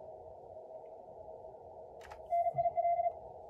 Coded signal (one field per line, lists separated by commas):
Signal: Morse code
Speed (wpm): 37 wpm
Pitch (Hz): 690 Hz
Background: radio noise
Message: NIL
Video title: MorseRunner 1.82 release with ARRL DX contest